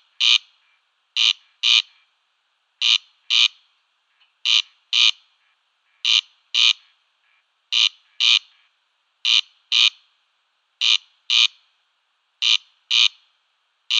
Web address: Schulze Peter Corn Crake display